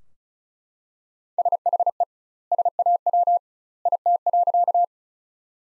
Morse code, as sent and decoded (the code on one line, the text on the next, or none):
... .... . / ... .- .-- / .. - .-.-.-
SHE SAW IT.